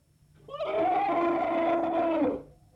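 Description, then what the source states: Elephant trumpet: one loud, brassy, harmonic-rich blast held steady for nearly two seconds, then cut off. Elephant trumpeting, heard close.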